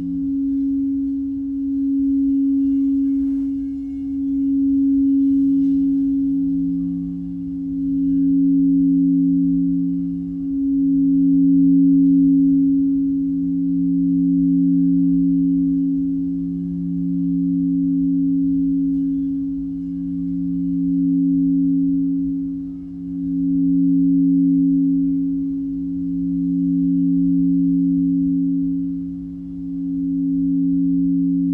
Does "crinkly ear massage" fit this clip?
no